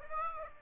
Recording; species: mosquito wingbeat signal from an infrared sensor; Aedes aegypti